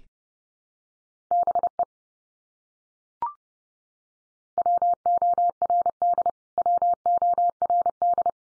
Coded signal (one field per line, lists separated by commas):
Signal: Morse code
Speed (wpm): 29 wpm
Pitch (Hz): 700 Hz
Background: none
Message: BE WORD WORD